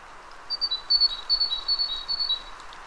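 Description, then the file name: Great tit delivering a short, quick run of high, even paired notes above a steady hiss. "Parus major"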